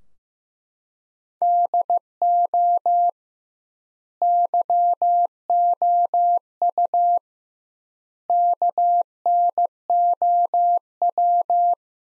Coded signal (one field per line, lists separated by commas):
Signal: Morse code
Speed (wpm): 15 wpm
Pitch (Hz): 700 Hz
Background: none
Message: DO YOU KNOW